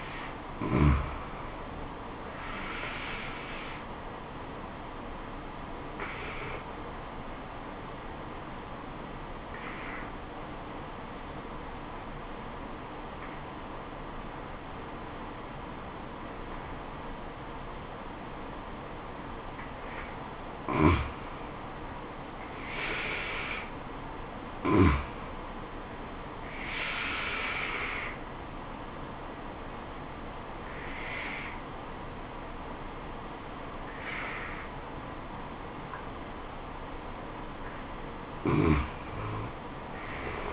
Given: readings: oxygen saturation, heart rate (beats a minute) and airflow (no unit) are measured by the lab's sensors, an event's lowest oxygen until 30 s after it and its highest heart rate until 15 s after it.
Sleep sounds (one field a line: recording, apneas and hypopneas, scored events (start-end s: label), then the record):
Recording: breathing in sleep by a voice recorder at the bedside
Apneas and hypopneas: 1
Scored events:
5.00-23.50 s: obstructive apnea (N2, oxygen 94% highest, then 88% lowest, heart rate 78 at the start, 78 highest)
From the record:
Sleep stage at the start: N2 (light sleep)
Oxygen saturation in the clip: 88 to 95%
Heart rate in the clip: 68 to 79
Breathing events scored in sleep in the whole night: 426 in 7.4 hours asleep